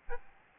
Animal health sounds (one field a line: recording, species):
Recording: mosquito wingbeat signal from an infrared sensor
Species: Aedes albopictus